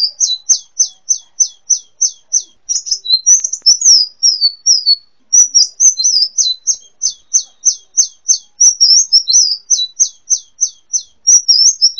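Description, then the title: Sunbird chirping: a long run of rapid, evenly spaced high ticking notes, mixed with short falling twitters, continuing steadily. "kicau kolibri"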